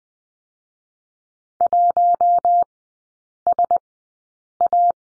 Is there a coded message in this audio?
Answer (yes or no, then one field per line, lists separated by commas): yes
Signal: Morse code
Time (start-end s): 1.6-4.9 s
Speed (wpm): 20 wpm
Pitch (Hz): 700 Hz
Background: none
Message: 1SA